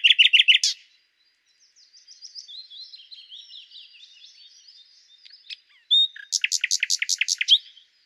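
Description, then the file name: Common nightingale song: a short loud stuttering burst, a soft warbled passage of thin notes, then a loud run of evenly repeated pulsed notes. "Luscinia megarhynchos"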